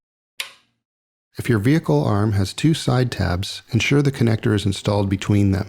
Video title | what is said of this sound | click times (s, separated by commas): Michelin Hydroedge Hybrid Wiper Blade Top Lock Narrow Slot Arm Installation- Taiwan | hold the connector base in place and slide the connector onto the wiper arm at a slight angle until you hear a click | 0.4 s